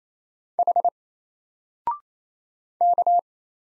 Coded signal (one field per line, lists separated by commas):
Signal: Morse code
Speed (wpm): 27 wpm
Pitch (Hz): 700 Hz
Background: none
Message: H K